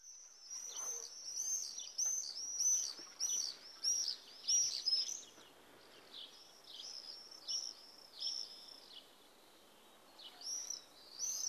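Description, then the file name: Common swift screams: shrill, buzzy high-pitched bursts in quick clusters, dense for the first five seconds, then in spaced groups, over faint steady background hiss. "Tornseglare"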